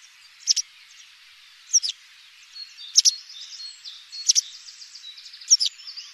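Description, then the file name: White wagtail calls: sharp, high two-part chirps every second or so, with faint softer twittering between them. "Bergeronnette grise"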